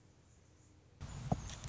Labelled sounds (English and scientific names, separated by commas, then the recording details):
Anna's Hummingbird (Calypte anna)
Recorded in Sonoma County, California